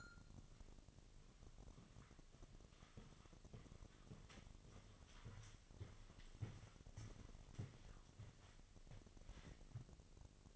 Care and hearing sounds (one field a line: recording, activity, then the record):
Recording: daily activity, microphone in the room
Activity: walk to room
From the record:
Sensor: 4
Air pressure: 1000.3 hPa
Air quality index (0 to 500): 212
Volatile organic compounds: 21 ppm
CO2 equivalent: 2731 ppm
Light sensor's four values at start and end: 9/21/8/8 and 9/20/8/8